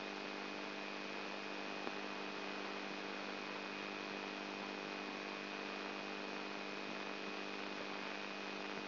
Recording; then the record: brain microelectrode recording played as sound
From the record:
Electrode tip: inside the subthalamic nucleus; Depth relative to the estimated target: -2 mm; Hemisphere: right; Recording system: AlphaMap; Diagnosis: Parkinson's disease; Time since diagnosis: 12 years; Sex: female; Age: 59 years